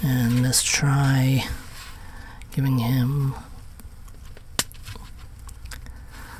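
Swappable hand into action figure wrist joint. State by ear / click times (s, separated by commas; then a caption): seated / 4.6 s. Someone talks, then an alternate plastic hand is pushed onto the wrist ball joint of a 1000toys RE:Edit Halo Reach Carter-A259 Noble One action figure amid faint handling ticks. A sharp pop at 4.6 s marks the hand seating nice and tight.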